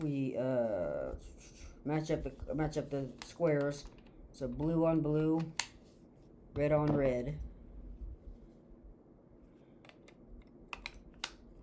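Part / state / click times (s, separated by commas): lightsaber hilt section into the adjoining hilt section / seated / 11.2 s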